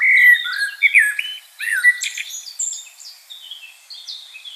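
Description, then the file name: Common blackbird with loud fluty warbled phrases at the start, then softer, thin high squeaks and twitters fading away. "Turdus merula"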